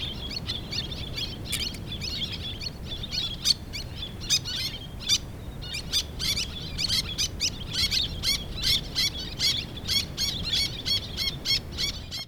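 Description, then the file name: Little tern giving harsh, scratchy calls repeated in quick irregular bursts throughout, over a steady low background rumble. "koazisasi"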